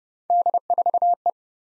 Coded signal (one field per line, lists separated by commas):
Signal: Morse code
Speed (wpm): 29 wpm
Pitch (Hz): 700 Hz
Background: none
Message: D4E